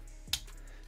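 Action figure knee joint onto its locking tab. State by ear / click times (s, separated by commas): seated / 0.3 s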